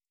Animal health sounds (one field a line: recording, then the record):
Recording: hydrophone in a shrimp aquaculture tank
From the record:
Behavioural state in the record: starved